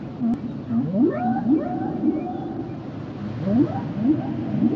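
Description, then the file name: Whale song with short rising whoops and drawn-out tonal moans, repeated in quick series with a low rumbling background. Recorded in Nueva Esparta. "Whales and Dolphins whale nature sounds songs nueva esparta"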